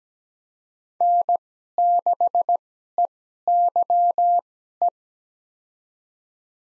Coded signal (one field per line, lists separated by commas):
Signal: Morse code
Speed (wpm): 17 wpm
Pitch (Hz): 700 Hz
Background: none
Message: N6EYE